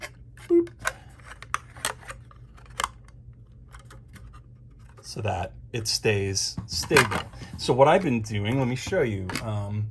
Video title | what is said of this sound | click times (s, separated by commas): Grumpy Review: BCW Modular Sorting Tray | and they even snap they snap right in to the bottom here | 1.5 s